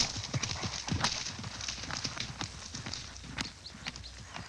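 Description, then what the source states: Horse galloping, irregular hoof thuds mixed with crunching and rustling of leaves, quieter toward the end. Galloping through leaves.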